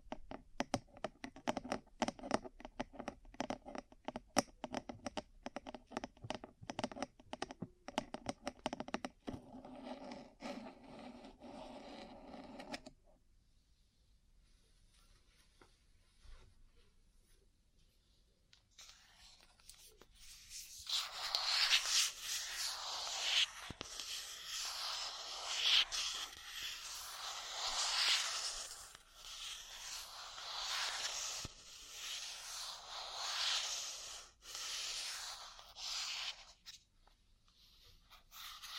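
Ear cleaning and massage sounds: rapid tapping for about thirteen seconds, a quiet pause, then dense rubbing and scratching that swells and fades.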